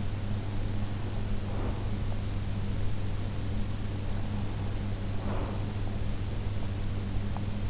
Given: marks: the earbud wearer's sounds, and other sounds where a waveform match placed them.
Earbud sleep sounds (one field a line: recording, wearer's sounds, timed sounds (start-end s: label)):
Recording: sounds in sleep by an in-ear microphone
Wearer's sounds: breath, teeth grinding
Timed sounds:
1.39-2.46 s: breath
4.98-5.92 s: breath
7.21-7.63 s: teeth grinding